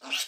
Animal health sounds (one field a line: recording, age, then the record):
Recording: pig call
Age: piglet (1 to 25 days)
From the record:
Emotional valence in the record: negative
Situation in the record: restrain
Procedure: in the arms of a person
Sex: female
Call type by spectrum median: high-frequency call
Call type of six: high-frequency stable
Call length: 0.28 s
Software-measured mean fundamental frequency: 300 Hz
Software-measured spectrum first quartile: 2671 Hz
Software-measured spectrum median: 3551 Hz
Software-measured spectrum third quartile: 5507 Hz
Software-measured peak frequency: 2819 Hz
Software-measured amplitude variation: 168 dB a second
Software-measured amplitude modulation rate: 12.7 a second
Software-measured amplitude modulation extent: 13.2 dB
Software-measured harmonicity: 1.9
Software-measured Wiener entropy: -1.50